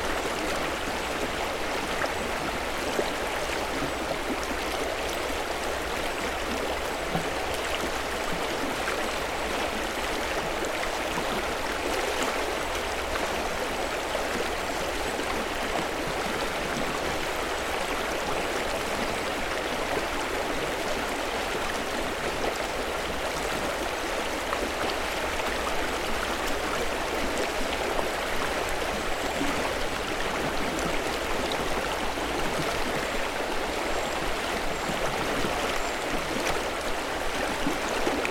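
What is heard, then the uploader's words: Clear river water bubbles through small rapids in a steady, dense rush, unchanging throughout, with a faint low hum underneath. Lullaby of a Welsh river. It's a welcome cool, overcast day by the River Usk – there is rain in the air. The water is clear and bubbling through a small set of rapids in a gently calming series of swirls and eddies. Recorded by Fergus Collins.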